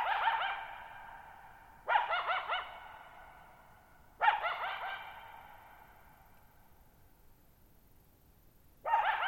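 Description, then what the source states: Coyote barking in short harsh bursts with yipping overtones, four outbursts at uneven intervals, each trailing off in a long echo over a quiet background. Lone coyote at night, July 14, 2019, Thirtymile Meadows, Okanogan National Forest, Okanogan High Country, 6400 ft (1950 m); tall sharp mountains on a high, mostly dry plateau; shallow bowl-shaped meadow.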